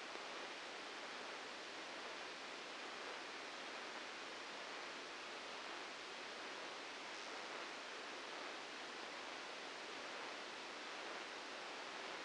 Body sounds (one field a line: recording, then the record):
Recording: brain microelectrode recording played as sound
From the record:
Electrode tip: outside the subthalamic nucleus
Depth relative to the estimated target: 2 mm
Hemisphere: left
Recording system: NeuroSet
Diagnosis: Parkinson's disease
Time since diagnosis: 8 years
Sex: male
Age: 59 years